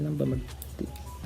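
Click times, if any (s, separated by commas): 0.8 s, 1.0 s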